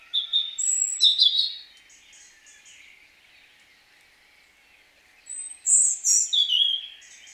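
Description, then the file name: European robin singing two thin, high, warbling phrases of sweet whistles and trills, separated by a few seconds of quiet with faint background hiss. "Erithacus rubecula"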